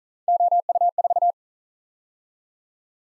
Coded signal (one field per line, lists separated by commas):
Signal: Morse code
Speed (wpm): 42 wpm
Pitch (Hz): 700 Hz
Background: none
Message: OU4